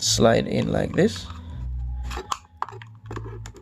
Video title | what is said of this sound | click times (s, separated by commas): Syma X5SW Unboxing # My first drone EVER!! | once you hear that click you know that it's secure and then you take this end | 2.6 s